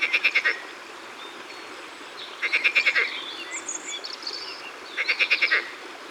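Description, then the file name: Marsh frog calls in three quick rattling croak series, each a run of fast pulses, while brief high chirping notes sound in the gaps. Laughing green frog recorded in the Ardèche, France, as part of a collection of natural soundscapes. "Grenouille-Verte-Rieuse-Concerts-Naturels-De-l Ardeche"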